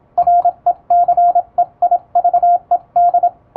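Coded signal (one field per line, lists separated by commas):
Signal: Morse code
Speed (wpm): 26 wpm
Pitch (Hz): 700 Hz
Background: radio noise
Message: RECEIVED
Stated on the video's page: Morse sent with an electronic keyer at high speed, practice text from an English-language telegram practice book, sent by a first-class radiotelegraph operator.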